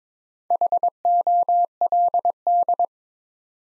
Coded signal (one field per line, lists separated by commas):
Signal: Morse code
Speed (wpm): 22 wpm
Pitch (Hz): 700 Hz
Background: none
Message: HOLD